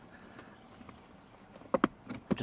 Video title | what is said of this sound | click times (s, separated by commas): Ford Maverick - Muslogy Hybrid Floor Mats Review & Install + Giveaway! [giveaway closed] | just slide it in and it snaps right into place | 1.7 s, 1.8 s